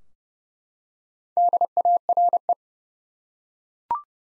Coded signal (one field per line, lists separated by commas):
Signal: Morse code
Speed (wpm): 31 wpm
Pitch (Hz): 700 Hz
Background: none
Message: DARE